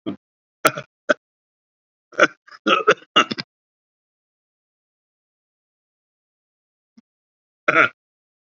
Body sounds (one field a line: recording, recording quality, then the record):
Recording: shallow voluntary cough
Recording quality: excellent, no background noise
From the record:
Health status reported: COVID-19 positive, mild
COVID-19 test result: positive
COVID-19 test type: RT-PCR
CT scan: taken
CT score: 2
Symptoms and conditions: cough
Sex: male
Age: 60 years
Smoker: no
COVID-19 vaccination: both doses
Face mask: worn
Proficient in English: no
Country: India